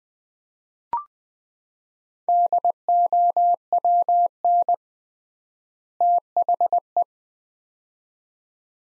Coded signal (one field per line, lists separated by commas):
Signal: Morse code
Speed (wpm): 20 wpm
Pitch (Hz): 700 Hz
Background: none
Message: DOWN THE